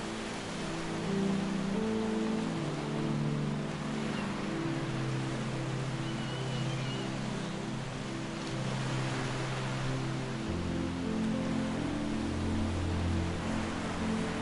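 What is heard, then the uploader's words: Slow, soft low music with held chords that shift every few seconds sits over a steady, dense hiss of ocean waves. Relaxing Music & Ocean Waves On A Tropical Island. Piano. The crystal-clear waters lap gently against the shore.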